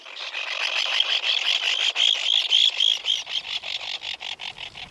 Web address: least auklets seabirds in miniature